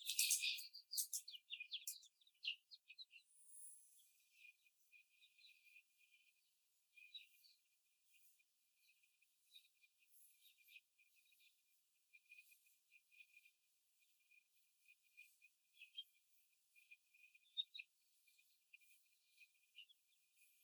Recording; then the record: young laying hens in a cage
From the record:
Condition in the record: before the stressor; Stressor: simulated dog barking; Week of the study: 4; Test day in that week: 1